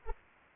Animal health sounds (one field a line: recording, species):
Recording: mosquito wingbeat signal from an infrared sensor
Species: Anopheles arabiensis